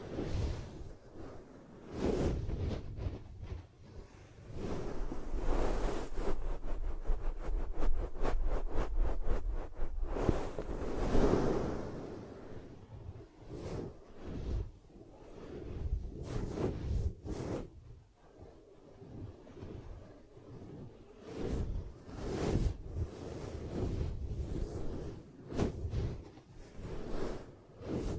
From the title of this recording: ASMR 10 Ear Cupping Triggers